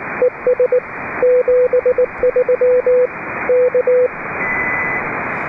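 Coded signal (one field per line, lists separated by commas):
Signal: Morse code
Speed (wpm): 19 wpm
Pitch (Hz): 500 Hz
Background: radio noise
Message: ES 73 K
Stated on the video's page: British Columbia Public Service Net on 3.729 MHz, net control operating fully remote from a boat.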